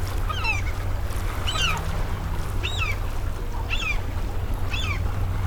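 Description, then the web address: Gulls giving spaced, falling cries about once a second over a constant low rumble of boat engines. Seagulls amid sea traffic, with boats and a ferry. "best service Blue Box sea traffic boat ferry seagulls"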